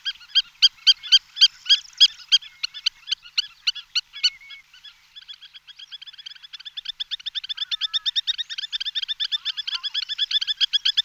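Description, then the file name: Spur-winged lapwing calling in rapid repeated sharp notes, loud at first, then a quicker, steadier run of notes that starts faint and grows louder. "Cejka trnita Vanellus spinosus"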